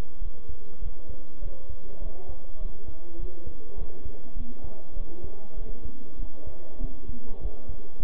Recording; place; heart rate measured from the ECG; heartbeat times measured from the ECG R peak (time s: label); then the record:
heart sounds by stethoscope; between the tricuspid and mitral areas; 100 bpm
0.19 s: heartbeat
0.80 s: heartbeat
1.40 s: heartbeat
2.00 s: heartbeat
2.59 s: heartbeat
3.17 s: heartbeat
3.76 s: heartbeat
4.34 s: heartbeat
4.94 s: heartbeat
5.55 s: heartbeat
6.17 s: heartbeat
6.79 s: heartbeat
7.39 s: heartbeat
7.98 s: heartbeat
From the record:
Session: bicycle stress test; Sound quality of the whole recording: good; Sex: male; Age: 23 years